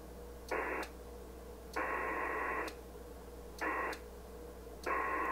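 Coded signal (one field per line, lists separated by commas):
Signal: HF data modem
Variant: PACTOR-III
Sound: four short bursts of rough wideband hiss with clicks, separated by quieter static gaps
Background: radio static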